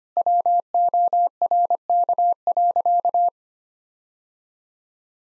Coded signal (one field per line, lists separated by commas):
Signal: Morse code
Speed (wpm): 25 wpm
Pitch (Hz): 700 Hz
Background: none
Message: WORK.